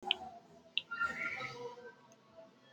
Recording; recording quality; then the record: counting at a normal pace; poor, much background noise or distortion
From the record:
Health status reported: healthy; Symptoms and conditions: none ticked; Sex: female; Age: 23 years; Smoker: not ticked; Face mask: worn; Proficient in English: yes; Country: India